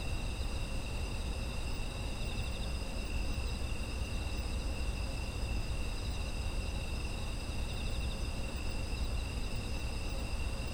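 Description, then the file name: Insects giving a dense, even chorus of high continuous trills, some faintly throbbing, with a low steady hum beneath. Autumn insect ambience. "秋の虫の環境音"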